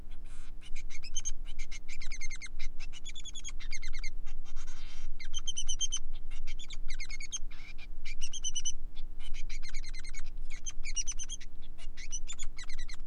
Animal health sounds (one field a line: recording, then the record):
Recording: song of a male Bengalese finch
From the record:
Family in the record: son of father 3